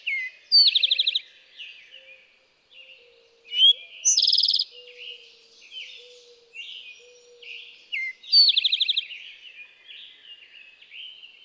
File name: Eastern Towhee